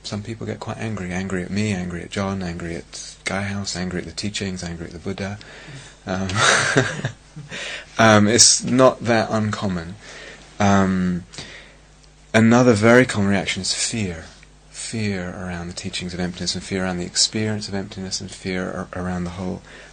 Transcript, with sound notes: Some people get quite angry -- angry at me, angry at John, angry at Gaia House, angry at the teachings, angry at the Buddha. [laughter] It's not that uncommon. Another very common reaction is fear, fear around the teachings of emptiness, and fear around the experience of emptiness, and fear around the whole